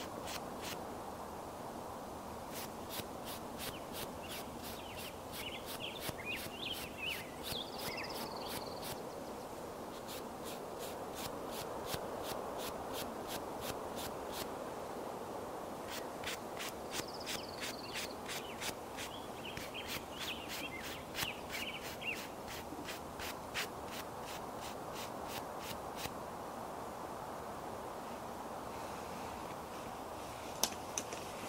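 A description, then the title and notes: Makeup being done outside: a steady, soft brushing and rubbing sound runs the whole time. Over it, rapid, evenly spaced ticking clicks, insect-like, come in long runs from about 3 to 15 seconds and 16 to 27 seconds, with brief high chirps near 8 and 17 seconds. Doing Your Makeup Outside on a Sunny Day.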